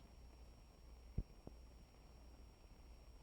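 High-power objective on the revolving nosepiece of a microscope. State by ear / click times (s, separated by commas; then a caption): seated / 1.5 s. A microscope's revolving nosepiece is turned until the high-power objective clicks into its detent. A faint low thump comes at about 1.2 seconds, and a short, sharp click at 1.5 seconds marks the objective snapping into place over a quiet background with a steady high-pitched hum.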